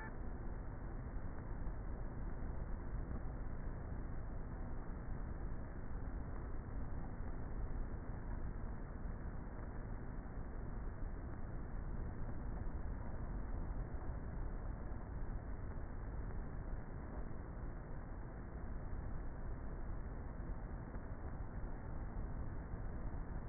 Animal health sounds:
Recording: honeybee colony, microphone inside the hive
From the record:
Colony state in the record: queenless with a low population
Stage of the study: before two queens were removed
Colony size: about 30,000 bees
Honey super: no

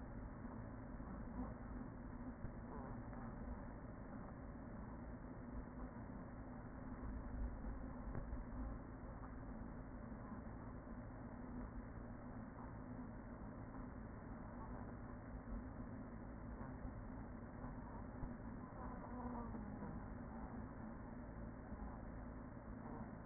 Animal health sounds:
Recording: honeybee colony, microphone inside the hive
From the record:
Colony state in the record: queen present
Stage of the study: after two queens were removed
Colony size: about 40,000 bees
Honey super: no

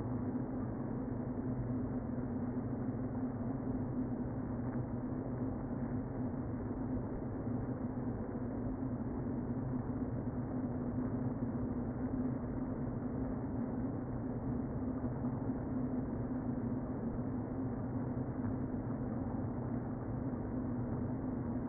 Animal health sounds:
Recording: honeybee colony, microphone inside the hive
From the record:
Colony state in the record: queen present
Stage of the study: before two queens were removed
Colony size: about 60,000 bees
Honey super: yes

